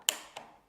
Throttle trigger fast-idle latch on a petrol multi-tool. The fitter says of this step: All we need to do to cancel the fast tick over now is to pull the trigger up until you hear a click.